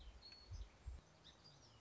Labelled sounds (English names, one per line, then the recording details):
Song Sparrow
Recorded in Sonoma County, California